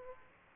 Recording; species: mosquito wingbeat signal from an infrared sensor; Aedes aegypti